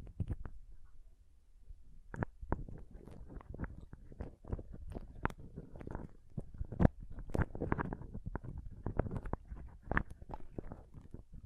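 Pom pom tingles: a dense, irregular crackling and rustling, like fluffy strands being squeezed and brushed, continues throughout. The sound sits mostly low and muffled, with sharper bright ticks poking through. Louder flurries come near two, five and seven seconds.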